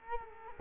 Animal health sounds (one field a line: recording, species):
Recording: mosquito wingbeat signal from an infrared sensor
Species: Culex quinquefasciatus